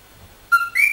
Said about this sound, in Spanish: Bueno, esta rana puertorriqueña... Que se llama Coqui. Escúchenla.